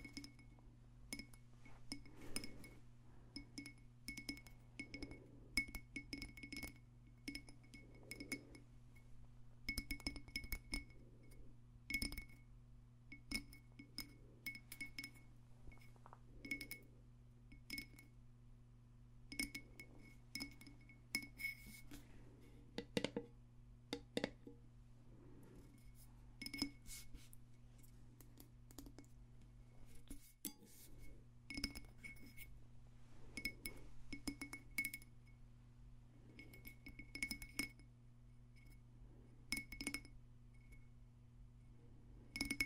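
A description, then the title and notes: Quick, irregular tapping on glass runs throughout, each tap a bright clink that rings with a clear high tone. The taps come in dense clusters with short gaps, and a brief lull falls around the thirty-second mark. A steady low hum sits underneath the whole time. ASMR Extra Tingly Tapping No Talking.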